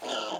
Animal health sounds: pig call; piglet (1 to 25 days)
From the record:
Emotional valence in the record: positive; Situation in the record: huddling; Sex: female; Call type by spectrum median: low-frequency call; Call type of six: low-frequency tonal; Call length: 0.40 s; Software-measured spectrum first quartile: 704 Hz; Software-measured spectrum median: 1419 Hz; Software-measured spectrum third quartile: 3378 Hz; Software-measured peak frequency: 649 Hz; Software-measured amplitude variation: 89 dB a second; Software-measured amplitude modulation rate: 16.1 a second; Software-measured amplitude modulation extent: 5.5 dB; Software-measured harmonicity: 0.1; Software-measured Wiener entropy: -1.79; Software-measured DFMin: 1369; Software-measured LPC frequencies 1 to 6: 677, 1364, 2944, 4747, 6589, 6945 Hz

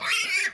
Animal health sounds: pig call; piglet (1 to 25 days)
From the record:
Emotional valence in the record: negative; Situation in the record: long isolation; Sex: male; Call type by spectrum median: high-frequency call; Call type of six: high-frequency stable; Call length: 0.54 s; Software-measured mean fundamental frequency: 329 Hz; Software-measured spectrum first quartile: 2156 Hz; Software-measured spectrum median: 2756 Hz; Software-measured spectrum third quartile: 4732 Hz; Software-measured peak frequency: 2256 Hz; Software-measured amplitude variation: 124 dB a second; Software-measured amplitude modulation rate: 17.6 a second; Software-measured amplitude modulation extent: 7.0 dB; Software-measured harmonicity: 5.9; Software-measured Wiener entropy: -2.44

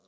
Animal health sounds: pig call; piglet (1 to 25 days)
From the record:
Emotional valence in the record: positive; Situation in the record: short reunion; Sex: female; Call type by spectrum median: low-frequency call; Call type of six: low-frequency tonal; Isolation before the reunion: 3 minutes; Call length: 0.08 s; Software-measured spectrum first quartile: 483 Hz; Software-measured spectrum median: 1522 Hz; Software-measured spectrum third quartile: 5926 Hz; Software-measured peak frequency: 576 Hz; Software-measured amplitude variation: 39 dB a second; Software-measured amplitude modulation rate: 6.2 a second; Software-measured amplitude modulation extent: 6.3 dB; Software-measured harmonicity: 3.6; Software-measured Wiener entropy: -2.27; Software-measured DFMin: 1128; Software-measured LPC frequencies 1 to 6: 522, 1206, 3919, 5743, 6792, 9406 Hz

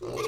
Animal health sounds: pig call; weaner (32 to 43 days)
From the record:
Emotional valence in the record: negative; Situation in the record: short isolation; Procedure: open field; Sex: female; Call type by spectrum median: low-frequency call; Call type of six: mixed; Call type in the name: high-frequency modulated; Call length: 0.28 s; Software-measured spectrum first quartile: 407 Hz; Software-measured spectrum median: 735 Hz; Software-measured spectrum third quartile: 2111 Hz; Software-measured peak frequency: 440 Hz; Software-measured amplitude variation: 111 dB a second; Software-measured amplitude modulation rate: 18.0 a second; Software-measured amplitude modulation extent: 6.2 dB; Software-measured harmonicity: 4.0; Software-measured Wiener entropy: -2.67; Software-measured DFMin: 1029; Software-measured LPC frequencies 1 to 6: 445, 1132, 2210, 3494, 4309, 4727 Hz

